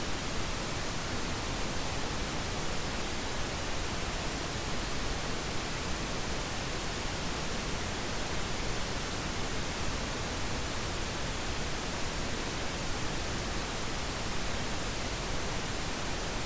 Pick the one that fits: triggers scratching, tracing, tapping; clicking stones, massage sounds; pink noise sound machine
pink noise sound machine